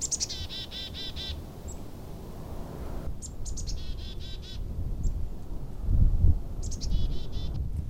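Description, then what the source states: Black-capped Chickadee giving three quick series of harsh, buzzy 'dee' notes with thin high lead-in notes, above low rumbling background noise. Winter walk into a pine forest at Tamarack National Wildlife Refuge; sings its name; more 'dee' notes in the chickadee-dee-dee call signal a higher threat level, a warning call for other birds.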